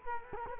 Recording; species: mosquito wingbeat signal from an infrared sensor; Culex quinquefasciatus